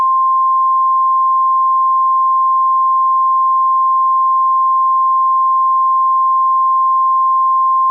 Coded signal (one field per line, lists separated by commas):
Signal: Emergency Alert System (SAME) tones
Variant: 1050 Hz attention tone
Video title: Video (contains valid EAs tones do not use over air)